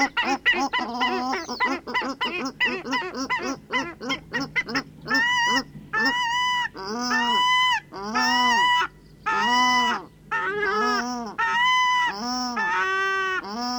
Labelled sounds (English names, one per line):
Paradise Shelduck